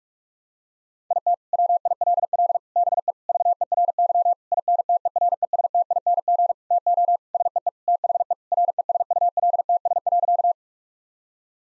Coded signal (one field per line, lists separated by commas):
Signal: Morse code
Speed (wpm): 46 wpm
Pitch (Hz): 700 Hz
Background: none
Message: IT WILL BE VERY INTERESTING TO SEE THE RESULTS.